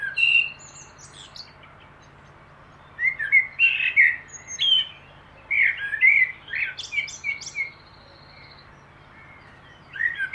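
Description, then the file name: Common blackbird delivering fluty, slurred phrases around a mid pitch, tipped with sharp high squeaks, phrases coming every few seconds with short silences and a low background hum. "Turdus merula"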